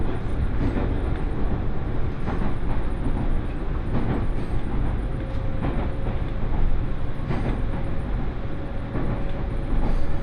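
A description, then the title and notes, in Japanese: A train on the Iida Line is running, with a steady, heavy low rumble that stays loud throughout. Brief clatters from the rails break through every second or two, a faint thin whine hangs high above, and a soft steady tone appears halfway through. 耳で楽しむ鉄道旅 飯田線 中部天竜～三河槇原。中部天竜を出て旧佐久間町内を走った後愛知県に入ります。夜なので見ることができません。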